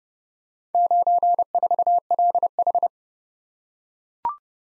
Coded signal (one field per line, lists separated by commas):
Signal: Morse code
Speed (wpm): 30 wpm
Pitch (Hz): 700 Hz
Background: none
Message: 94LH